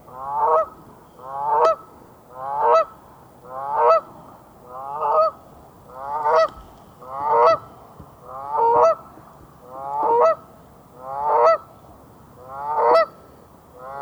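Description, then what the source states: Canada goose honks: loud, nasal honks repeated steadily, eleven in all, against a quiet background. Greenland.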